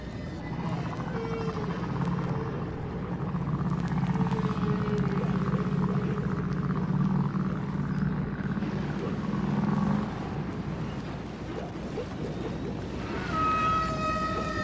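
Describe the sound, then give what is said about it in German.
Humpback whale song off the coast of an island: long, low moaning tones drone for about ten seconds, then give way to higher, stacked whistling calls toward the end, with a steady hiss underneath and no talking. “Die Wale singen und sie sprechen miteinander.”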